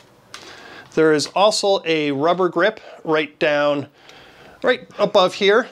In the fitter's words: Just click it, tighten it right down.